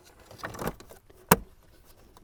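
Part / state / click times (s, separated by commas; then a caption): cabin air filter cover into filter housing behind glovebox / seated / 1.3 s. After a new cabin air filter is inserted, the plastic filter cover is pushed back into the filter housing behind the glovebox, with soft rustling and scraping from about 0.4 to 0.7 s. A single sharp click at 1.3 s marks the cover snapping shut and seating in place.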